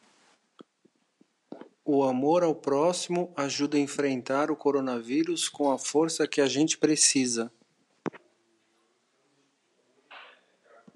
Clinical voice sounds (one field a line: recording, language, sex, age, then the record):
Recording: spoken sentence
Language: Brazilian Portuguese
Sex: male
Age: 40 to 49 years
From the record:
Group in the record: control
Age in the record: 48 years